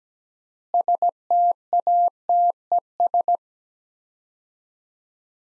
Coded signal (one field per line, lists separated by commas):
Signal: Morse code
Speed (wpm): 17 wpm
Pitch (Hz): 700 Hz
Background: none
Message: STATES